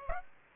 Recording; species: mosquito wingbeat signal from an infrared sensor; Aedes aegypti